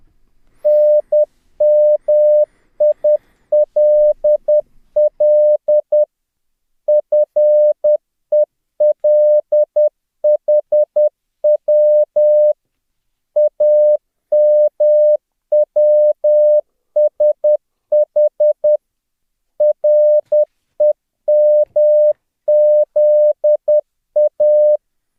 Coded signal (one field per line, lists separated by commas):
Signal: Morse code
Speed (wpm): 10 wpm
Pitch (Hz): 600 Hz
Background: none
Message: NMILL FELHW AMWSH REMZA